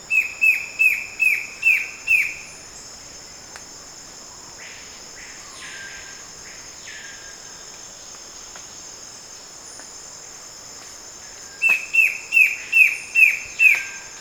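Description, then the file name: Bird calls: a run of about seven sharp, short notes, a quiet pause with faint sounds, then another similar run, all over a constant high insect buzz. "SABIOD 50 bird 2015"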